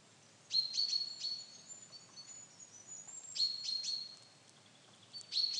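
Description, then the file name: Common chaffinch giving high, sharp call notes in short clustered bursts, three groups throughout, over a soft background hiss. "Fringilla coelebs"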